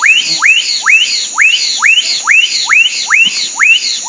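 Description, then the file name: Black-capped donacobius repeating sharp rising whistled notes, roughly two per second in an even series, against a continuous high-pitched insect chorus. Recorded at Sertão, Mongaguá, São Paulo, Brazil, on 27 December 2016. "Donacobius-atricapilla-Sertao Mongagua-SP-27-12-16-ASilveira"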